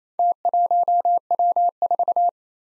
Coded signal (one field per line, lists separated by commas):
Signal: Morse code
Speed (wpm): 29 wpm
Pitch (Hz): 700 Hz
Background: none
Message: T1W4